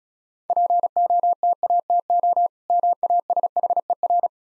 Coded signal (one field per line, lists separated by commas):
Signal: Morse code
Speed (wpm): 36 wpm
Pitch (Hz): 700 Hz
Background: none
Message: POTATO MASHER